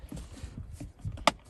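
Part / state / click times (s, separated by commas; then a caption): shift boot trim ring into center console / seated / 1.3 s. A shift boot trim ring is pushed down into the center console opening of a Gen6 Camaro after the boot is turned right side out. Low rustling and handling sounds lead up to a sharp, loud snap at 1.3 s as the trim seats into the console.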